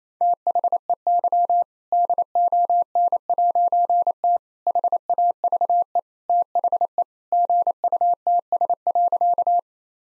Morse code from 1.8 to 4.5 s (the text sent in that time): DON'T